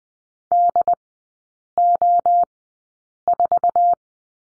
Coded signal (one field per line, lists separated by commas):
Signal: Morse code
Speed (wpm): 20 wpm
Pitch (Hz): 700 Hz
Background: none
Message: DO4